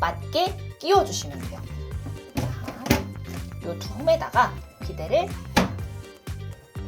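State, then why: Not seated. A bidet seat is being slid onto the two grooves of an installed plastic mounting plate on a toilet while someone talks over background music. Short handling knocks and taps are heard around 2.4 s, 2.9 s and 5.6 s, but nothing has seated or clicked yet; the clip ends just before the seat snaps home.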